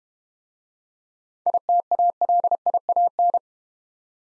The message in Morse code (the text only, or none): ITALIAN